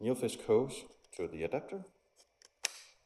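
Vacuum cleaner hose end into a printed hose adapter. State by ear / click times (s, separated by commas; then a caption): seated / 2.6 s. Someone talks, then the end of a vacuum cleaner hose is pushed into a 3D-printed plastic hose adapter. A soft tap at 2.4 s is followed by a sharp, loud click at 2.6 s as the hose seats in the adapter.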